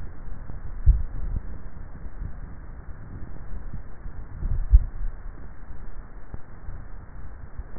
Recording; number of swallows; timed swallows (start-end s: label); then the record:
swallowing sounds by neck microphone; 2
0.65-1.58 s: swallow
4.52-5.42 s: swallow
From the record:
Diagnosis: dysphagia